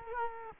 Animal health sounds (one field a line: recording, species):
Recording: mosquito wingbeat signal from an infrared sensor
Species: Culex quinquefasciatus